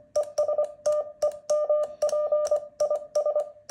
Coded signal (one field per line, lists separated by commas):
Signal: Morse code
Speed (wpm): 23 wpm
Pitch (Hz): 600 Hz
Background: none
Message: ES TEMP IS